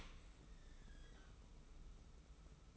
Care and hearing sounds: daily activity, microphone in the room; open dishwasher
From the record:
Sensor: 1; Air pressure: 991.3 hPa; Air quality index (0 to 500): 123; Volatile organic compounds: 254 ppm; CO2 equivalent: 4370 ppm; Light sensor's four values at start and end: 41/128/51/53 and 41/128/51/52

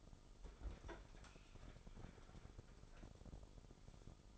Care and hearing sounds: daily activity, microphone in the room; open fridge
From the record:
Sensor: 5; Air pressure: 988.6 hPa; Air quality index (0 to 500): 218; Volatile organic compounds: 121 ppm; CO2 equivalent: 3882 ppm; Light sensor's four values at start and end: 42/128/50/53 and 42/127/50/53

